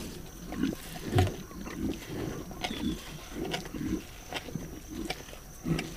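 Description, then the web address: Lion giving a steady run of deep, short grunts, roughly one every half second or so, over a low background rumble. "big cats|lions"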